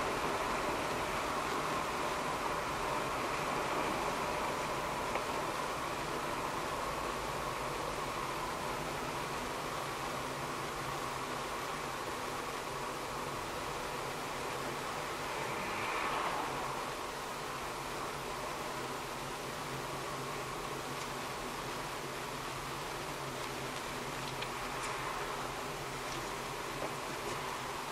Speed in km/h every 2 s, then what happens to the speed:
61, 57, 55, 52, 50, 48, 48, 47, 44, 42, 41, 40, 39, 38.
0-28 slows to 38.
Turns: none.